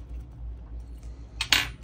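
A small metal bracket is pressed down into place over a connector on a Xiaomi Mi 14 Ultra phone board during a screen replacement. A low background hum is broken by two close, sharp metallic clicks at 1.4 and 1.5 seconds as the bracket seats.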